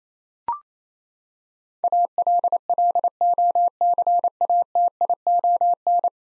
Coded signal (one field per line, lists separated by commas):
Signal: Morse code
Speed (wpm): 28 wpm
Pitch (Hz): 700 Hz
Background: none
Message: ALLOCATION